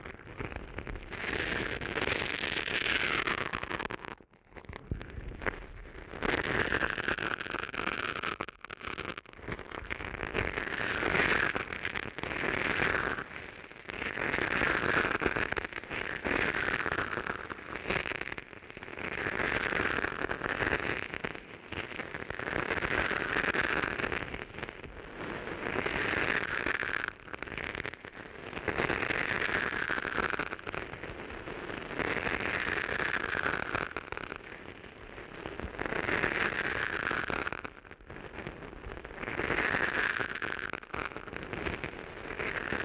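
Close, dense crackling and rubbing against the ears, with a brighter swishing stroke repeating every few seconds over a steady rustling bed.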